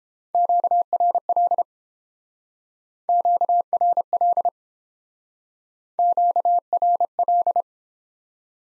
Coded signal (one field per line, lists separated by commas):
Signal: Morse code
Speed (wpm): 31 wpm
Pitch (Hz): 700 Hz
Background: none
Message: QRL QRL QRL